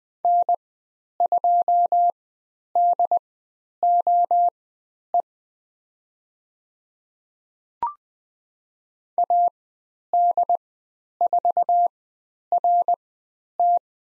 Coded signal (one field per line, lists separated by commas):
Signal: Morse code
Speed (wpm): 20 wpm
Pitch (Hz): 700 Hz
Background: none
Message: N2DOE AD4RT